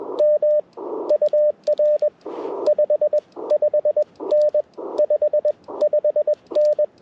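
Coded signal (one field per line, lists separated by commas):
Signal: Morse code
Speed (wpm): 21 wpm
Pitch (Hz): 590 Hz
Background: radio noise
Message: M UR 55N 55N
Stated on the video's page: QRP CW Parks on the Air activation in light precipitation, Icom IC-705, Gabil GRA-7350T antenna, Modern Morse Nameless key.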